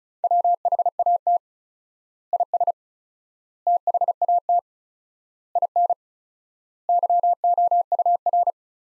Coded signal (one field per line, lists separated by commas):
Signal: Morse code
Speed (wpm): 36 wpm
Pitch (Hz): 700 Hz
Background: none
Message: WHAT IS THAT IN YOUR